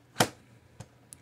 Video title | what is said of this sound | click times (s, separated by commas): A neat little way to get updated Radar and METAR info at a glance. | all you do is you just pops right in there | 0.2 s, 1.1 s